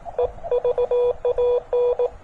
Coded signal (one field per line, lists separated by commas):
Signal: Morse code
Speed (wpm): 18 wpm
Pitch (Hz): 490 Hz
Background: radio noise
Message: EVAN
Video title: CW POTA with the TX-500